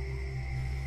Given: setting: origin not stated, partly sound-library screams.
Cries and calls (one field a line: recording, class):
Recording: one-second piece from a danger detection set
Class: normal situation